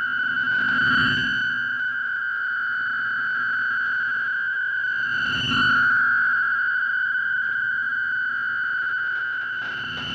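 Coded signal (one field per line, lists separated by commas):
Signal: fast PSK data mode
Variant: PSKR250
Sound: continuous warbling data tone around 1.5 kHz with fluttery texture, occasional static swells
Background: shortwave radio static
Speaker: we'll increase the speed again to 220 words per minute the mode is pskr 250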